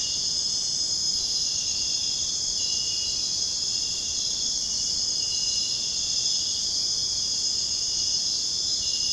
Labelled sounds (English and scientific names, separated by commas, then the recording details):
none
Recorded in dense forest near Puerto Asís, Putumayo, Colombia, on 22 June 2025 at 22:00
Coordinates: 0.486, -76.317
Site G065